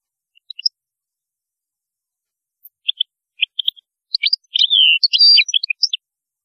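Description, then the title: European goldfinch song: sparse chirps that build into a dense, rapid, tinkling twitter near the end. "Chant Chardonneret"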